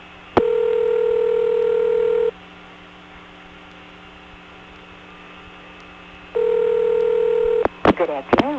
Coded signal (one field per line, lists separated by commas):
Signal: telephone call progress tone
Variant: North America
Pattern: ringback tone